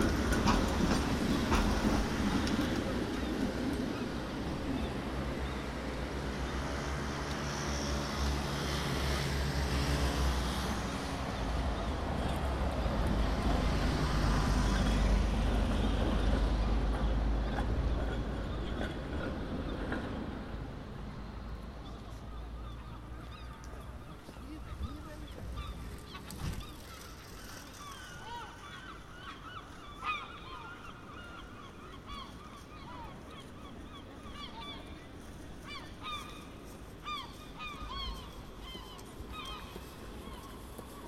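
Street atmosphere on Het Buitenhof in The Hague, with heavy traffic rumbling loudly through the first twenty seconds as a vehicle passes, then easing to a quieter, steady hum. Gull-like calls and scattered voices break through intermittently, more clearly in the second half.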